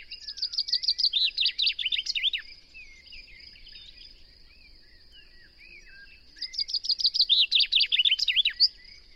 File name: Fringilla coelebs